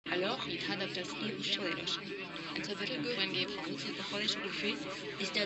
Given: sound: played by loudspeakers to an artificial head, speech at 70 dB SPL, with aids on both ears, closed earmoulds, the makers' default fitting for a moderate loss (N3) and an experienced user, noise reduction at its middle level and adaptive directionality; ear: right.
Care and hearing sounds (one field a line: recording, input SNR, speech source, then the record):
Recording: speech test signal (ISTS) in cocktail-party noise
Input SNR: -3 dB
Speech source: on the right (90 degrees)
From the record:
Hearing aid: class 1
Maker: D